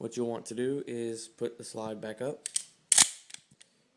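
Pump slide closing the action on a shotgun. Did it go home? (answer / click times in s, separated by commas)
yes / 2.9 s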